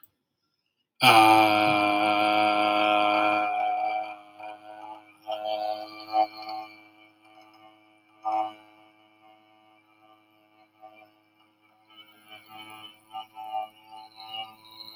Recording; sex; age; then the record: vowel held as long as possible; male; 30 to 39 years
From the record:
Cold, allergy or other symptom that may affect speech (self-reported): no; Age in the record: 36 years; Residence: Minnesota, United States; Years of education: 16